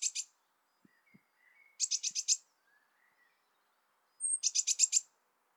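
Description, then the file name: Eurasian blue tit calls: three rapid buzzy churring bursts, each a quick run of harsh notes, with faint lower whistled slurs in between. "Cyanistes caeruleus"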